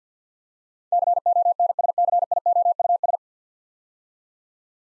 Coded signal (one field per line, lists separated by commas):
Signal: Morse code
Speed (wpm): 50 wpm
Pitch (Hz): 700 Hz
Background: none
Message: CONSCIOUS